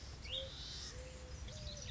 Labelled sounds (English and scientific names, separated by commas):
Mourning Dove (Zenaida macroura)